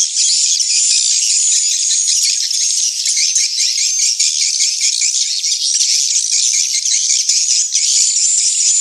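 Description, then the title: Swiftlet calls in a dense, unbroken high twittering chorus of overlapping chirps that holds steady for the whole stretch. Swiftlet house lure sound used to attract swiftlets, from Tien Giang, Vietnam. "Am thanh nha yen Akau Vietnam - Tien giang"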